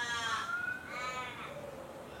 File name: canto do cuco gigante